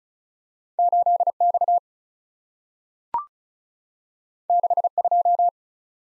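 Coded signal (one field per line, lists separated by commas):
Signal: Morse code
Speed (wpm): 36 wpm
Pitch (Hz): 700 Hz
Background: none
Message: 8X 62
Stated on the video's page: Morse practice drill of random two-character letter and number groups at 35 wpm, each sent in Morse, then spoken, then sent again, for head-copy.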